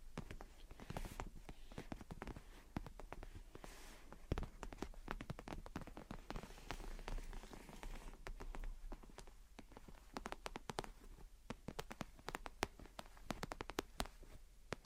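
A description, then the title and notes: Gentle tapping and scratching runs through the whole stretch: dense, irregular clicks and knocks arrive several times a second, with short bursts of bright scraping between them. The pace stays busy and fairly even throughout, with no pauses and no other sounds behind it. Gentle Tapping and Scratching. (No Talking).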